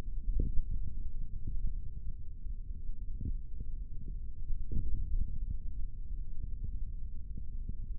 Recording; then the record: forearm muscle sounds (acoustic myography)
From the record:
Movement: index flexion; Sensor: system 3, bracelet of six PUI Audio POM-2738L microphones around the upper forearm, with dedicated amplification and filtering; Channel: 1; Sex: male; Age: 55 years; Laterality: right